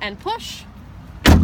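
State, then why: Seated. Someone talks briefly as the lower rear swing-gate door of a 2009 Jeep Wrangler is pushed shut, its latch going into the vehicle body striker. The latch clicks closed with a loud thud at 1.3 s, and the door is securely closed.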